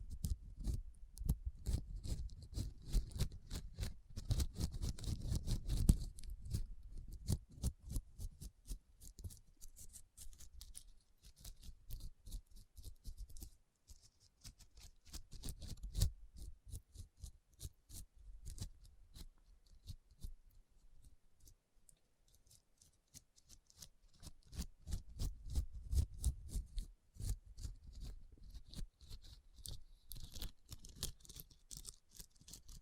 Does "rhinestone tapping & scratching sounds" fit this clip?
yes